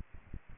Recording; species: mosquito wingbeat signal from an infrared sensor; Aedes aegypti